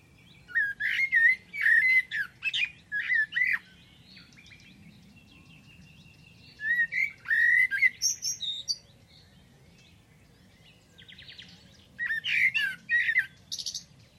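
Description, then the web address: Bird call phrases: three bursts of quick whistled and chirpy notes, separated by pauses of several seconds, with a constant low background hum. "Deverinetal Bird Only Tu Me Tu Me"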